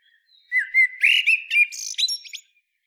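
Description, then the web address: Eurasian blackbird song phrase: soft whistled notes rising into a jumble of high, thin, squeaky twitters over about two seconds. "SETE Turdus merula"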